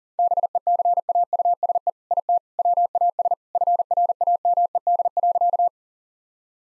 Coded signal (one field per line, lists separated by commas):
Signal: Morse code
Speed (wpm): 37 wpm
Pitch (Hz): 700 Hz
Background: none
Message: BECAUSE IT WAS FRAMED.